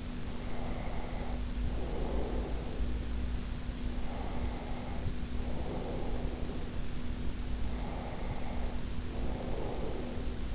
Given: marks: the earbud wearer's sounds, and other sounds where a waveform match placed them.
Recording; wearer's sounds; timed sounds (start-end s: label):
sounds in sleep by an in-ear microphone; snoring breath
0.16-3.04 s: snoring breath
3.88-6.87 s: snoring breath
7.58-10.55 s: snoring breath